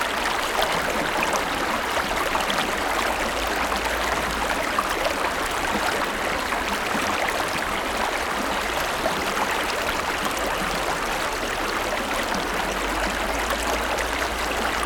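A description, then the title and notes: A stream runs steadily, its water making a dense, even rush of babbling and splashing that never lets up across the whole fifteen seconds. The sound is bright, with a faint low rumble underneath and no distinct separate events. Peaceful Stream.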